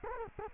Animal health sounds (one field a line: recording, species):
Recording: mosquito wingbeat signal from an infrared sensor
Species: Culex quinquefasciatus